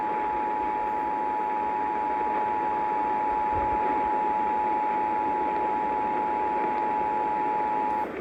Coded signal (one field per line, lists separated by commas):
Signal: Emergency Alert System (SAME) tones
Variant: 853 and 960 Hz attention tone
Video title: MID SOUTH WRECKAGE - EAS Alerts From 3/29/25 - 3/31/25 (EAS #3595-3639)